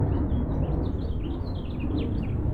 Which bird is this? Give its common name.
House Finch